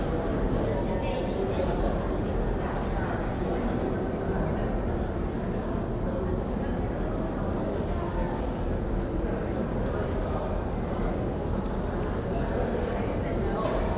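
Steady crowd murmur in Japantown, dense overlapping voices and low traffic rumble, with faint clinks and footsteps scattered throughout at an even level.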